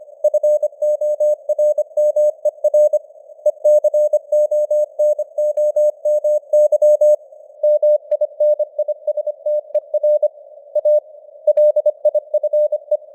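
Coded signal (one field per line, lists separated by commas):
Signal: Morse code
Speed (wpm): 25 wpm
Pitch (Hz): 600 Hz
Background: none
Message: FORMER ECONOMY MINISTER A LIFE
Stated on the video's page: Morse code news at 25 wpm with simulated radio noise and fading signal strength.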